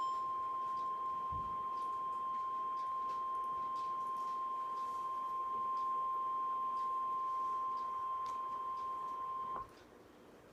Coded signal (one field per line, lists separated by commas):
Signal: Emergency Alert System (SAME) tones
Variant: 1050 Hz attention tone